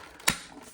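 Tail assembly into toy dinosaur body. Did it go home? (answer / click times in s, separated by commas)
yes / 0.3 s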